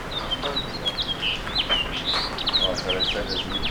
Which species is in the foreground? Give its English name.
House Finch